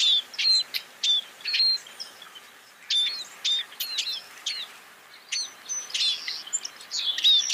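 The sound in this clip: Scaly-breasted munia calls: sharp, high chips and short whistles in uneven bursts, separated by brief quiet spells.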